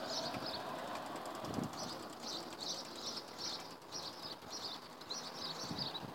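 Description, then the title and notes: Birds singing, high thin chirping notes repeated in quick bursts against a steady rushing background noise with a few low thumps. Recorded at Castelli, altitude 2100, in December 2017 at 11:30. "Canto de aves. Castelli alt. 2100. /12/2017-11:30hs. Por Hernán Debenedetto"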